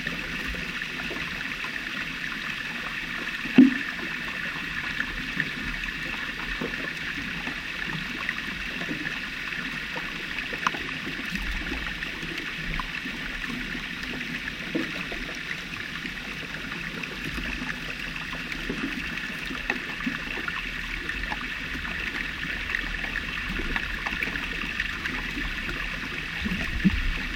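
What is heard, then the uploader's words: An underwater recording from Jökulsárlón glacier lagoon, where floating ice drifts and knocks together. A steady crackling, fizzing bed runs throughout, with scattered soft clicks and taps. Occasional sharper knocks stand out, one near four seconds and another near the end. Hydrophone recording of Jökulsárlón glacier lagoon in southern Iceland, with numerous bits of ice floating by and crashing into one another. Recorded with Aquarian H2a hydrophones in pseudo-stereo mode and Sound Devices Mixpre 6 ii recorder. Glacier Lagoon Hydro Soundscape.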